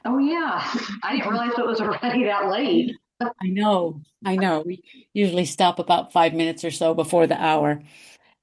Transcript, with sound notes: I didn't realize it was already that late. (laughs)
I know. I know. We usually stop about five minutes or so before the hour.